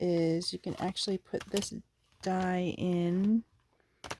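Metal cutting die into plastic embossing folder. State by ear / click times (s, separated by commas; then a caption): seated / 4.1 s. A thin metal cutting die is pressed into the logo side of a plastic embossing folder while someone talks. Two short clicks come at 4.1 s and 4.1 s as the die snaps into place and is seated.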